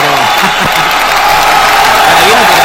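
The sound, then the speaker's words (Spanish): Loud, dense audience applause with cheering and whistles, a continuous roar of clapping that stays steady and saturated for the whole stretch, with a few raised voices poking through. “La gente ahí aplaudía, ovacionaba, te diría, de una manera saturadora.”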